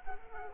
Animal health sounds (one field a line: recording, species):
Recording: mosquito wingbeat signal from an infrared sensor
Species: Culex quinquefasciatus